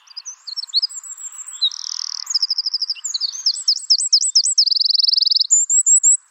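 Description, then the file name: Eurasian wren singing a fast, shrill outpouring of twittering notes, dry rattling trills and looping whistles, with faint low background hiss early on. "Troglodytes troglodytes"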